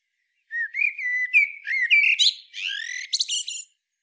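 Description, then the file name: Common blackbird song: one phrase of mellow, fluted whistles that finishes in a squeaky, high-pitched twitter. "Turdus merula"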